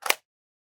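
A loaded plastic cylinder is closed into a toy revolver frame with a short scraping rush and a sharp snap at 0.1 s. The cylinder snaps home, auto-indexes and is good. Silence follows.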